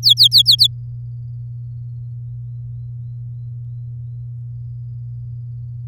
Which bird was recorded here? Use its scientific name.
Serinus canaria